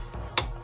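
The side locking clips of a ribbon connector on a Sequential Circuits Multi-Trak circuit board are pressed closed to lock the cable in. A single loud, sharp snap is heard at 0.4 s over a low background hum. The connector clip snaps shut and the cable is seated.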